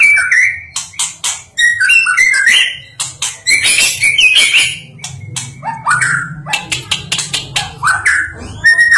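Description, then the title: Songbird pouring out quick varied whistles, chirps and ticking notes in an irregular stream, with a low hum underneath. Masteran recording used for training songbirds. "Master Burung Jos"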